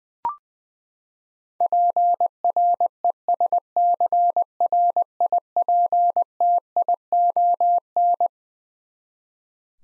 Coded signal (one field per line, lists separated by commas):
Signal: Morse code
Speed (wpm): 21 wpm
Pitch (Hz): 700 Hz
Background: none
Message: PRESCRIPTION